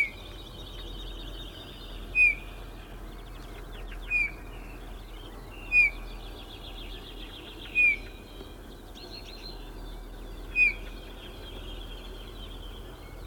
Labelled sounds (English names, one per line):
Eurasian Bullfinch call